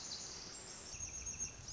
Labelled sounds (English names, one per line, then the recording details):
Pacific Wren
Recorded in Sonoma County, California